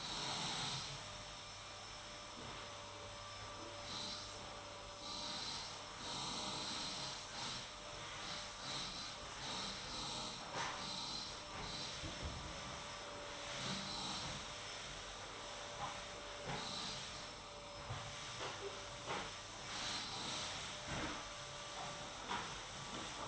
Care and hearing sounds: daily activity, microphone in the room; vacuum cleaning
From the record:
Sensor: 3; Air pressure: 988.7 hPa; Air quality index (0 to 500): 201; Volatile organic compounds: 372 ppm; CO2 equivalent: 4624 ppm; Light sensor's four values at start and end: 22/71/30/25 and 22/71/30/25

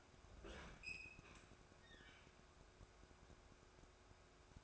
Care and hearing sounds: daily activity, microphone in the room; open fridge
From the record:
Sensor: 2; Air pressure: 1004.5 hPa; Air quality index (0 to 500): 184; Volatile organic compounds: 10 ppm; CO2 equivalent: 2215 ppm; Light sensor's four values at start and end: 4/11/4/4 and 4/11/4/4

